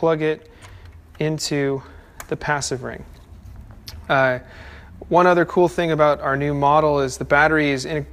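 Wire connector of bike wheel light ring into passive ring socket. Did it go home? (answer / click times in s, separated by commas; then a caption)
yes / 3.9 s. A bike-wheel light ring's wire connector is pushed into the socket on the passive ring, and a sharp snap is heard at 3.9 s as it seats, preceded by faint ticks around 3.6 and 3.7 s. Someone talks before and after, and the rings end up plugged together.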